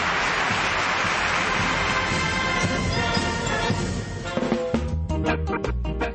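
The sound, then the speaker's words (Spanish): Loud, sustained applause from a crowd marking the start of the radio show La Hora Doble on 10 July 2013, a dense wash of many hands clapping that thins toward the end into a few sharper individual claps. “Fuerte ese aplauso.”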